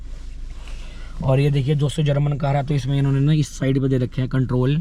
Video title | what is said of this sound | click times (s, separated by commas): Mileage & First Service Cost - Skoda Octavia L&K - Top Model | liver को lock कर देंगे तो ऐसे य लॉक हो जाएगा | 0.7 s